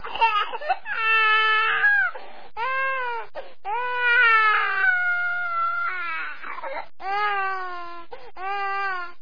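An infant cries vigorously in repeated strained wails, about twenty cries a minute. Each is a loud stretched note that breaks into a sharp, rising scream at its peak, with brief catches of breath between cries. The crying stays intense and steady throughout.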